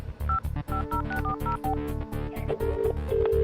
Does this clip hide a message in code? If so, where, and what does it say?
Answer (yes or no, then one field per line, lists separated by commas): yes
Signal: DTMF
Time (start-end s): 0.3-1.6 s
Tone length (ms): 110 ms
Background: music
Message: 550640